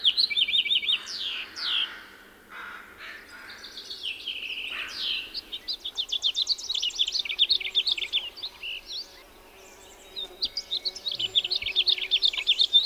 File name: John Neville - House Finch